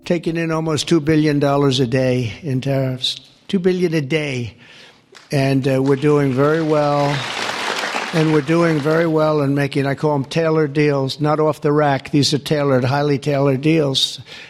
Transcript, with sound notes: "We're taking in almost $2 billion a day in tariffs. $2 billion a day, and we're doing very well. (applause) And we're doing very well in making I call them tailored deals not off the rack, these are tailored, highly tailored deals.